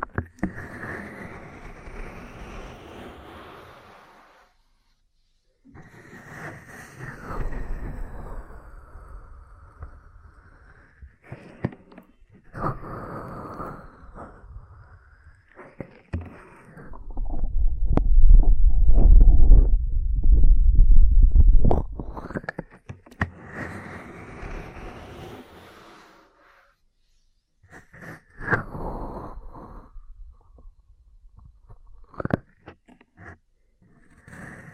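Ear cleaning and massage sounds: rubbing swishes and scratchy sweeps come in bursts between silent gaps, with a louder, muffled rumbling stretch around the middle.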